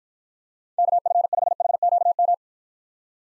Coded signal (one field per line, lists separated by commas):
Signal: Morse code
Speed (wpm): 53 wpm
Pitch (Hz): 700 Hz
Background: none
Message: KF5HQM